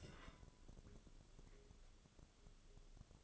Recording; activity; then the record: daily activity, microphone in the room; take from stove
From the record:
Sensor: 4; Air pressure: 1008.8 hPa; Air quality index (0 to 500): 117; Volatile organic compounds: 1 ppm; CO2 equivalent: 862 ppm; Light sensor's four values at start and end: 10/23/9/8 and 10/23/9/8